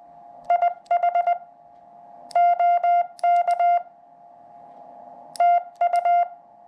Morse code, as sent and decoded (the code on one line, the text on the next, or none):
.. .... / --- -.- / - ..-
IH OK TU